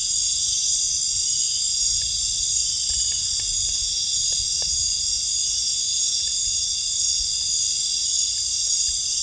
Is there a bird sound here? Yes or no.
no